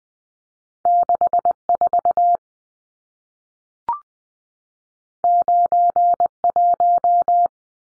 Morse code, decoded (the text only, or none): 64 91